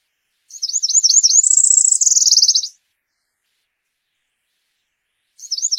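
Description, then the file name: Cerulean warbler song: one full high buzzy phrase of looping notes rising into a fast trill, then the start of another after a long silence. "Canto da mariquita azul"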